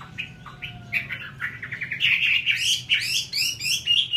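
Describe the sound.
Chinese hwamei song: a fast run of varied whistled and slurred notes, rising in pitch and growing louder toward the end, with a faint low hum beneath.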